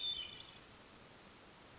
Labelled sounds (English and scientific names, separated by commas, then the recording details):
Hermit Thrush (Catharus guttatus)
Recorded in Sonoma County, California